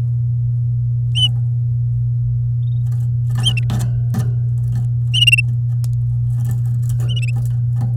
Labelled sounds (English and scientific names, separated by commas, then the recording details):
Domestic Canary (Serinus canaria) song
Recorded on 11 May 2018 at 08:35
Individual llb16